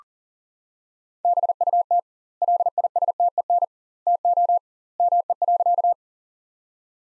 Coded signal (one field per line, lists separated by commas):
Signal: Morse code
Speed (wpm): 40 wpm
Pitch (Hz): 700 Hz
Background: none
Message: BUT LISTEN TO ME.